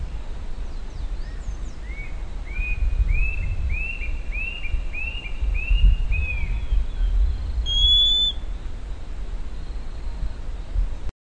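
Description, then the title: Bird song: a run of about six clear arched whistled notes, evenly spaced, followed by a thin high whistle, over a steady low rumble. "LuckyPassaro Completos2Sama"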